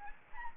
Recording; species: mosquito wingbeat signal from an infrared sensor; Aedes albopictus